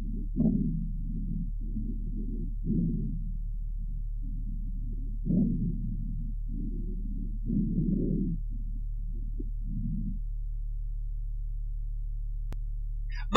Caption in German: Sind größere Sekretmengen in den Bronchien vorhanden, zum Beispiel bei einer Bronchitis, so können oft feuchte Rasselgeräusche wahrgenommen werden.